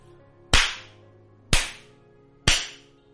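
Three loud, sharp slaps of a sinewy, muscular hand on a buttock, evenly spaced about a second apart, each a crisp smack that fades quickly, with no voices.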